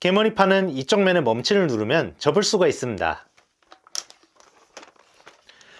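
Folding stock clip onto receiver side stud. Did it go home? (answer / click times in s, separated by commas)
yes / 4.0 s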